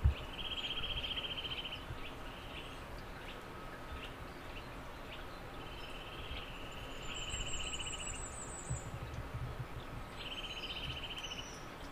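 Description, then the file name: Eurasian nuthatch giving several fast pulsed trills throughout, with a thin higher trill from another bird and constant hiss. "Sitta europaea"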